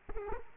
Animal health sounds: mosquito wingbeat signal from an infrared sensor; Culex quinquefasciatus

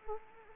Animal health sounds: mosquito wingbeat signal from an infrared sensor; Anopheles arabiensis

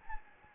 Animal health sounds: mosquito wingbeat signal from an infrared sensor; Anopheles gambiae

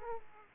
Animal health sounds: mosquito wingbeat signal from an infrared sensor; Aedes aegypti

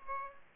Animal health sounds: mosquito wingbeat signal from an infrared sensor; Aedes aegypti

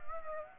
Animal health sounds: mosquito wingbeat signal from an infrared sensor; Aedes aegypti

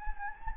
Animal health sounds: mosquito wingbeat signal from an infrared sensor; Anopheles gambiae

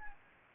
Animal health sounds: mosquito wingbeat signal from an infrared sensor; Anopheles gambiae

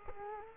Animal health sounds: mosquito wingbeat signal from an infrared sensor; Culex quinquefasciatus

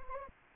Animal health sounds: mosquito wingbeat signal from an infrared sensor; Anopheles arabiensis

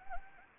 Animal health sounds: mosquito wingbeat signal from an infrared sensor; Anopheles gambiae

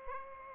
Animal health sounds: mosquito wingbeat signal from an infrared sensor; Aedes aegypti

